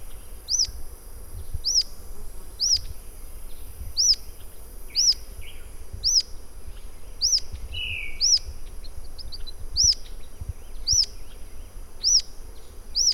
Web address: sound Rough-legged-tyrannulet. صدای-پرنده-ژیانمرغک-پازبر